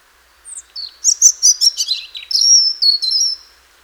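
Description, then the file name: European robin song, one phrase of high, tinkling notes and quick trills, ending in a sustained sweet whistle, with a faint steady hum underneath. "Erithacus rubecula"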